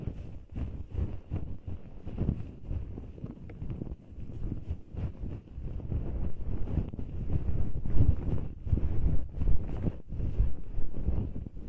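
Fluffy earwax-removal brushing rubs against the microphone in a steady, muffled rumble, dense with soft crackles and quick scratchy strokes throughout.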